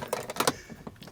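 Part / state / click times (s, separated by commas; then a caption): motorhome pop-up roof clip latching onto the body / seated / 0.4 s, 0.5 s. A roof clip on the body of a 2011 Romahome Pullman R20 Hylo motorhome is closed after the pop-up roof is lowered, and it clicks into place and snaps shut so it will not open when driving. Sharp snaps land at 0.4 s and 0.5 s, with fainter clicks before and after. The clip is latched.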